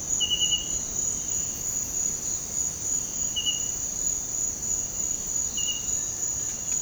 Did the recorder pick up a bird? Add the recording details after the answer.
no. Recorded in dense forest near Puerto Asís, Putumayo, Colombia, on 20 February 2024 at 06:30. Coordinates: 0.503, -76.322. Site G6418